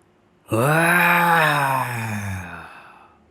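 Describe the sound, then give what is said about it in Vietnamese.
A deep, drawn-out dragon roar lasting about two seconds, rich and growling with a slowly falling pitch, echoing across a lake and fading out in a brief echoing tail. No one speaks. “Tiếng long ngâm trầm đục vang vọng khắp cả lòng hồ.”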